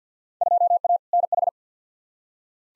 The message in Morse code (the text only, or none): 2A NH